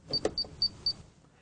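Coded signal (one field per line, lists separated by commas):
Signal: beep code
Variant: Rain Bird ROAM receiver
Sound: four short high-pitched beeps, evenly spaced, with a plastic click during the first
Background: handling click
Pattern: 4 short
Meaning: The receiver has power and is ready to learn a new address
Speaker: you'll plug back on your receiver and here your four beeps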